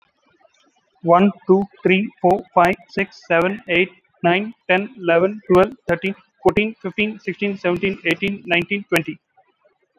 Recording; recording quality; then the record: counting at a fast pace; excellent, no background noise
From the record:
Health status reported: COVID-19 positive, mild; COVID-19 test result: positive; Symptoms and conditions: cough, breathing difficulty, sore throat, fever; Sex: male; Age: 35 years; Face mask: not worn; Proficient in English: yes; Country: India